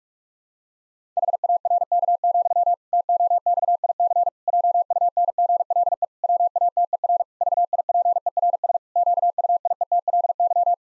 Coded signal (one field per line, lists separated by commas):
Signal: Morse code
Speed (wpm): 41 wpm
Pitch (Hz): 700 Hz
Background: none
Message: HARK, TOXIC JUNGLE WATER VIPERS QUIETLY